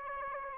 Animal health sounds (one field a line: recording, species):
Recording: mosquito wingbeat signal from an infrared sensor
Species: Aedes albopictus